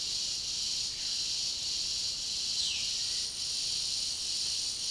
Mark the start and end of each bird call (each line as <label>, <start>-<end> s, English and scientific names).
Violaceous Jay (Cyanocorax violaceus), 2.50-4.90 s